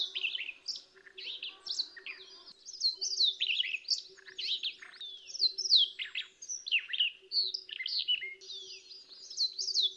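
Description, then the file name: Siberian rubythroat song, a fast varied stream of high twittering, chattering and slurred whistled notes with short pauses, over a faint steady low hum. Song variation. "suara siberian rubythroat variasi"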